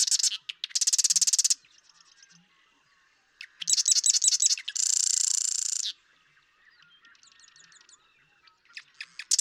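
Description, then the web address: Marsh Wren song: buzzy rattling trills and stuttering gurgled phrases, one after another, with softer chattering notes between them. "birdsongforthecurious Marsh Wren"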